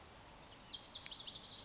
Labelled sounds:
Lazuli Bunting
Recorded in Sonoma County, California

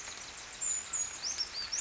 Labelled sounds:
Western Flycatcher
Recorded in Sonoma County, California

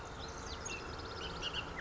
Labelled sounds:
Bullock's Oriole
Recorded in Sonoma County, California

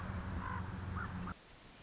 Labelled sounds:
Common Raven
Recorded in Sonoma County, California

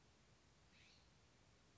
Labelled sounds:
California Scrub-Jay
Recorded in Sonoma County, California

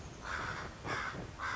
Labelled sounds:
Common Raven
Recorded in Sonoma County, California

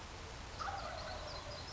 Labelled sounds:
Wild Turkey
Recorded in Sonoma County, California

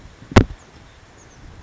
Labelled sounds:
Oak Titmouse
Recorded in Sonoma County, California

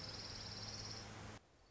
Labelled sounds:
Orange-crowned Warbler
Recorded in Sonoma County, California

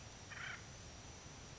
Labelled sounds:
Acorn Woodpecker
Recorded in Sonoma County, California

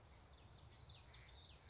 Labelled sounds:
Common Yellowthroat
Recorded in Sonoma County, California

